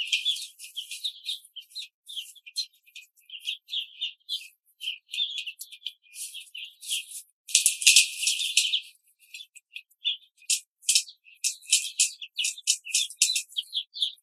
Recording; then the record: young laying hens in a cage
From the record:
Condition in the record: control cage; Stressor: none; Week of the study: 5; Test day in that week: 1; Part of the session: 3